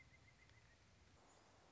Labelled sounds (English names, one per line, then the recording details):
Pileated Woodpecker
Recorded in Sonoma County, California